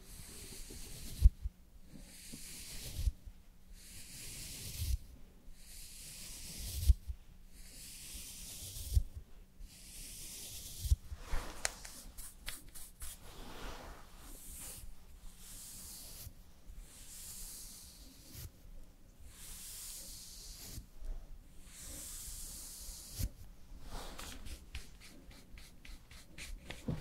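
Makeup and hair styling: bright, hissing brush or spray strokes repeat every second or two, with soft rubbing and occasional light taps beneath.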